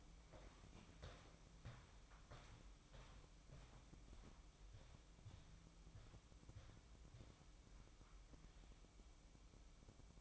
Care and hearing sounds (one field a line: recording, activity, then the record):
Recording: daily activity, microphone in the room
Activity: walk to room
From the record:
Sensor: 1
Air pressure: 1008.2 hPa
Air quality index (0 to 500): 139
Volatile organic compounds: 2 ppm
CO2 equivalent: 1170 ppm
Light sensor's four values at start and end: 11/27/11/12 and 11/27/11/12